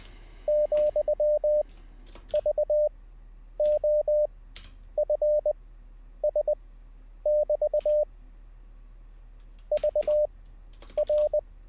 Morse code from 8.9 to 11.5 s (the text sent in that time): VR